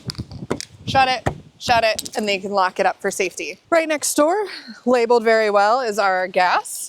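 The two exterior storage locker doors on the body of an Odyssey 4-berth luxury campervan are closed one after another, giving sharp knocks and clicks at 0.1, 0.5 and 0.6 s. Both doors snap shut and catch, and then someone talks.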